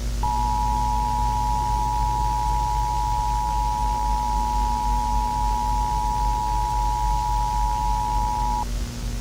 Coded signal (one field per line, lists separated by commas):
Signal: Emergency Alert System (SAME) tones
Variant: 853 and 960 Hz attention tone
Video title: (Changed) "Pale virus" EAS scenario.